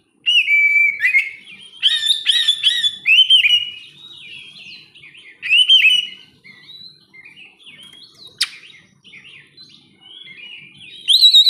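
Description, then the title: Oriental magpie-robin singing varied whistled and warbled phrases in loud bursts, with softer rambling notes and one sharp click toward the end. "kacer"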